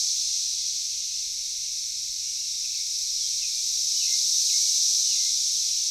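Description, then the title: Cicadas droning in an unbroken high buzz that rises slightly in loudness toward the end, with a few faint chirps underneath. Cicadas in a backyard in Knoxville, Tennessee, USA. "Knoxville, TN 37920, USA - Backyard Cicadas"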